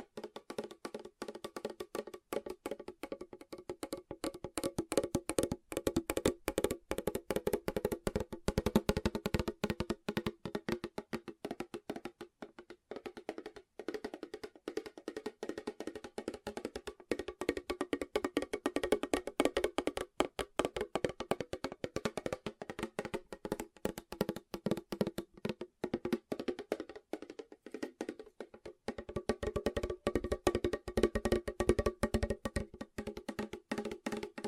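Fast tapping runs through the whole recording as a dense stream of sharp, rapid clicks with only brief gaps. The taps carry a hollow midrange tone and come in bursts that thin out around 13 and 28 seconds before picking up again.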